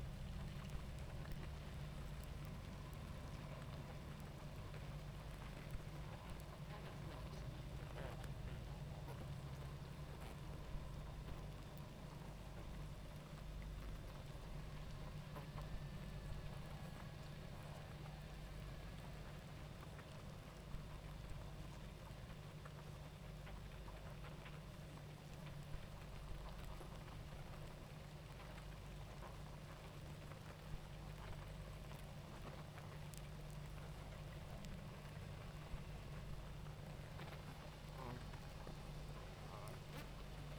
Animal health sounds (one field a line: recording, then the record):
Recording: honeybee colony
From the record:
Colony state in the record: active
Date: 28 July 2017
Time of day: 19:20